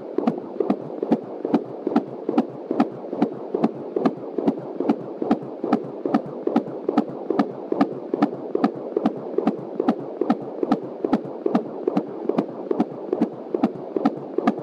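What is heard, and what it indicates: Rapid, regular whooshing pulses at about 143 per minute: a baby girl's fetal heartbeat at about 21 weeks of pregnancy, heard on a home Doppler fetal heart monitor through an external speaker, found just past the pubic line, within the normal range of 120 to 150 beats per minute.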